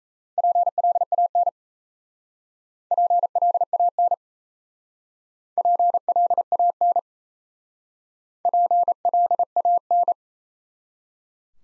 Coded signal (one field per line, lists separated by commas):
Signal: Morse code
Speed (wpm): 34 wpm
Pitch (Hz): 700 Hz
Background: none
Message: PLAN PLAN PLAN PLAN